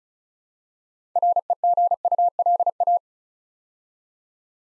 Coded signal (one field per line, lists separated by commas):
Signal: Morse code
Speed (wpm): 36 wpm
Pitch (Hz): 700 Hz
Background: none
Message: REGULA